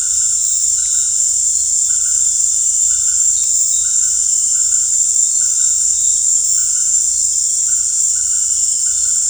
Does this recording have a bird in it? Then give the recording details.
no. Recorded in dense forest near Puerto Asís, Putumayo, Colombia, on 18 December 2024 at 18:30. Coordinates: 0.481, -76.323. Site G100